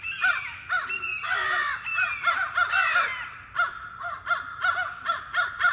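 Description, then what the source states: American crow mobbing calls, harsh overlapping caws from several birds in rapid repeated bursts, with some drawn-out squawks mixed in. American crows mobbing a hawk.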